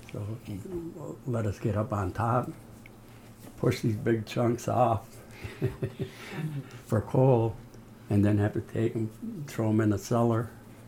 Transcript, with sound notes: To let us get up on top, push these big chunks off (laughs) for coal and then have to take 'em, and throw 'em in the cellar